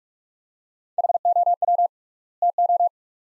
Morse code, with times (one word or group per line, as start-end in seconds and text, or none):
1.0-1.9 HOW
2.4-2.9 TO